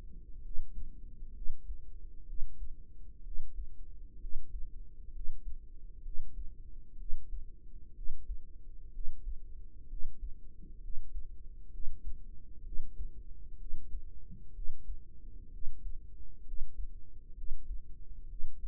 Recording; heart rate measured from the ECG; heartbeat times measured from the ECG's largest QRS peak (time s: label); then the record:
heart sounds by microphone in the right ear; 64 bpm
0.40 s: heartbeat
1.31 s: heartbeat
2.24 s: heartbeat
3.21 s: heartbeat
4.17 s: heartbeat
5.10 s: heartbeat
6.00 s: heartbeat
6.95 s: heartbeat
7.92 s: heartbeat
8.90 s: heartbeat
9.86 s: heartbeat
10.78 s: heartbeat
11.68 s: heartbeat
12.61 s: heartbeat
13.55 s: heartbeat
14.51 s: heartbeat
15.48 s: heartbeat
16.42 s: heartbeat
17.32 s: heartbeat
18.25 s: heartbeat
From the record:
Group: healthy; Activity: rest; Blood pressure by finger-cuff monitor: 115/58 mmHg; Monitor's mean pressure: 73 mmHg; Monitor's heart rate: 64 bpm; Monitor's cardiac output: 5.4 L/min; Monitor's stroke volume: 85 mL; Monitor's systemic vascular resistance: 980 dyn s/cm5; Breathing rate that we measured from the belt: 11 breaths a minute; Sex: female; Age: 32 years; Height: 168 cm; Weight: 61.9 kg